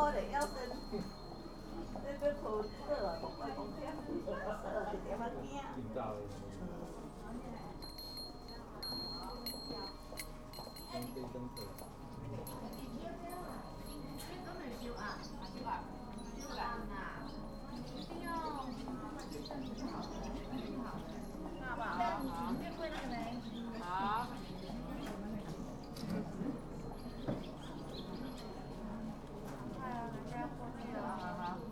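A busy outdoor scene while wandering the city, with overlapping voices chattering steadily throughout. Bright chirps, likely birds, sparkle above the talk, and a thin high tone runs in the background, starting about eight seconds in. The crowd noise stays even and dense.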